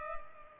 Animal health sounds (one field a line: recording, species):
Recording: mosquito wingbeat signal from an infrared sensor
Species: Culex pipiens